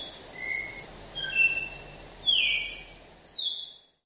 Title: Canto Galo Campina Fêmea. Galo de Campina Novo ( Flauta 4 x 4 )